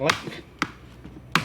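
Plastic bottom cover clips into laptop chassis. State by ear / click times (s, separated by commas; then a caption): seated / 0.6 s, 1.4 s. After a RAM upgrade on an HP 14-cm009au (TPN-1132) laptop, the laptop is turned over and its plastic bottom case is pressed back down around the edge, with its many clips engaging the chassis. Someone talks briefly at the start, then sharp snaps at 0.6 s and 1.4 s show the clips seating home.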